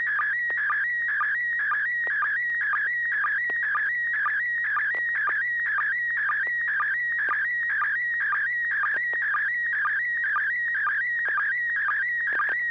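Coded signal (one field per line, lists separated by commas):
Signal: SSTV (slow-scan television)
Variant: PD120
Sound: warbling whistle tone sweeping up and down, with rhythmic short low blips twice a second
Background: low hum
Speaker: AI6DG, and see you have a picture if you're ready to send over.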